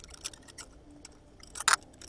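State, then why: Seated. Aluminium fan blades are refitted onto the motor hub of a vintage Essex 12 inch fan during reassembly, and they lock into place on their own. Several light metallic taps and clicks are heard through the clip, with the strongest sharp click at 1.7 seconds as the blades seat on the hub.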